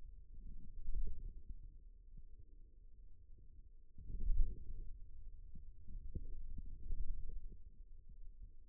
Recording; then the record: forearm muscle sounds (acoustic myography)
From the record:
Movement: wrist extension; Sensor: system 2, bracelet of six BSWA MPA416 microphones around the upper forearm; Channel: 4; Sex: male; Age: 22 years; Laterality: right